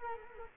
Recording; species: mosquito wingbeat signal from an infrared sensor; Culex quinquefasciatus